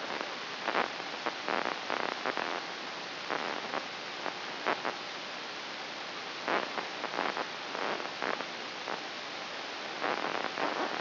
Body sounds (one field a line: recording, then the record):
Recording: brain microelectrode recording played as sound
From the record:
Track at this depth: inside the subthalamic nucleus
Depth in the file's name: 7.131 mm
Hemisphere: right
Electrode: 2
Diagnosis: Parkinson's disease